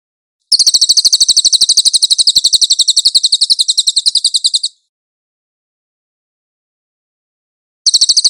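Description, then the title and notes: Velvet-fronted Nuthatch: high, rapid trill of a velvet-fronted nuthatch running steadily for about four seconds, followed by silence and the start of a new burst. Song from a nonstop recording for training cage birds. "MASTER SUARA BURUNG CILILIN. CICILIN"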